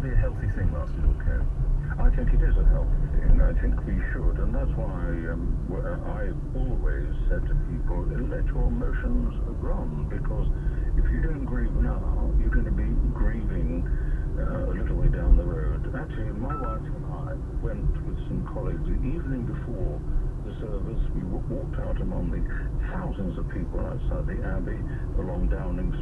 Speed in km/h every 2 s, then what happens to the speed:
21, 24, 31, 32, 32, 34, 35, 35, 35, 34, 34, 34, 35.
0-5 speeds up to 32. 5-26 steady at about 34.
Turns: none.